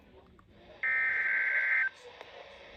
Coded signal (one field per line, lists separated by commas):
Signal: Emergency Alert System (SAME) tones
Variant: header bursts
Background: speech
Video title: 6K, Finally: EAS Alerts From 11/5/25 (EAS #6000-6005)